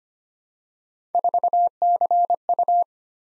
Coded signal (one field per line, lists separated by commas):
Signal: Morse code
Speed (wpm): 25 wpm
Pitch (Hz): 700 Hz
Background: none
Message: 4CU